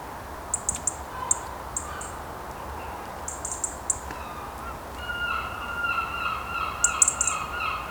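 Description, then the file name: European robin calls: short, high ticking bursts in small clusters, with a steady lower tone in the background near the end. "Erithacus rubecula"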